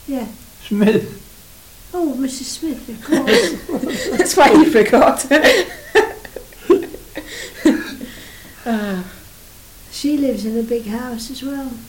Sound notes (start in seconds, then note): 2.7 laughs; 5.2 laughing